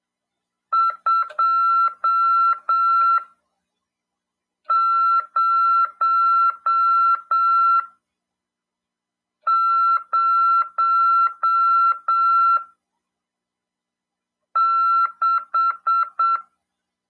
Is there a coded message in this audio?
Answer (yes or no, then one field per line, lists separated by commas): yes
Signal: Morse code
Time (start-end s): 0.7-16.4 s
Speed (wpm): 7 wpm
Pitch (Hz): 1350 Hz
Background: none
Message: 2006